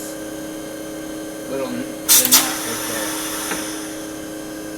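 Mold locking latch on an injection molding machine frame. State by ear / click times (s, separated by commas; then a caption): not seated / none. The mold locking latch on an injection molding machine frame is closed after its nut is adjusted, while someone talks over a steady background hum. Two short bursts of broadband noise near 2.1 and 2.4 s mark the closing, but there is no popping snap, so the lock has not clicked and is not tight enough yet.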